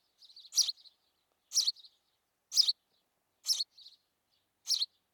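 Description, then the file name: House sparrow calling with emphatic chirps about once a second, soft twittering notes tucked between them. "Passer domesticus"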